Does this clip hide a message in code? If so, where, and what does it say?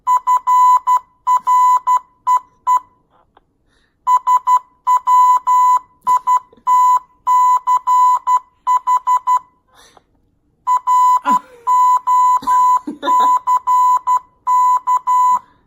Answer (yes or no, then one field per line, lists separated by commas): yes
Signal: Morse code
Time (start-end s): 0.1-15.4 s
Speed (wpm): 12 wpm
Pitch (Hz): 1000 Hz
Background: none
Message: FREE SWITCH ROCK